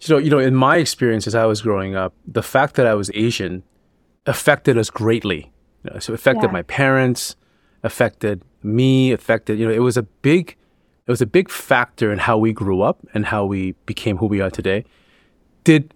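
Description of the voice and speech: A man speaks fluently at a relaxed pace with ordinary pauses and fillers; typical adult speech.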